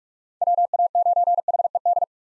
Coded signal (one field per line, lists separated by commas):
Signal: Morse code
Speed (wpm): 44 wpm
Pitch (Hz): 700 Hz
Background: none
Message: WA9HED